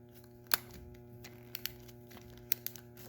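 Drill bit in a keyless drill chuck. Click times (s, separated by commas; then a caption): 0.5 s, 2.5 s. A keyless drill chuck is spun by hand to tighten it onto a drill bit, giving sharp clicks at 0.5 s and 2.5 s, along with a few quieter ticks, against a low steady hum. The chuck reaches tightness and the jaws are clamped around the bit.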